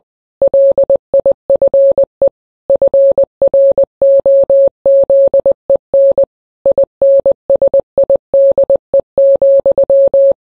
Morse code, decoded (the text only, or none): LIFE FROZEN INSIDE,